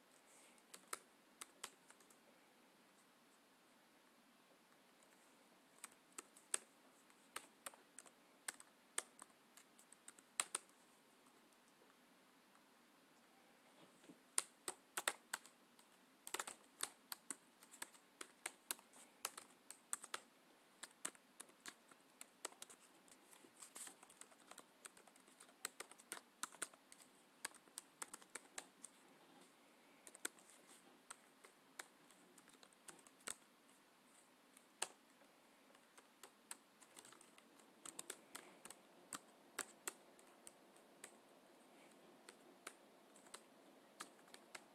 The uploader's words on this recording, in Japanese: ぱそこんかちかち。カチカチカチカチカチカチカチカチカチカチカチカチカチカチカチカチカチカチカチカチカチカチカチカチカチカチカチカチカチカチカチカチカチカチカチカチカチカ。